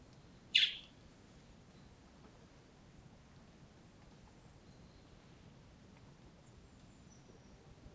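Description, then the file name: Common blackbird call: one loud, sharp note near the start, followed by quiet. "Turdus merula"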